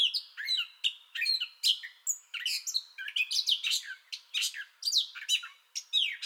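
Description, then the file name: Gray catbird song made of harsh squeaky notes mixed with clearer whistles, jumbled phrases following each other rapidly in a steady, chattering flow. Song bout already in progress, recorded 30 May 2021. "2021-05-30 Gray Catbird Song Bout Already Going"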